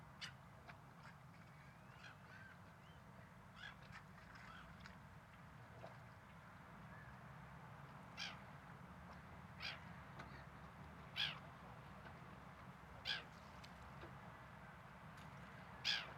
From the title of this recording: Seagulls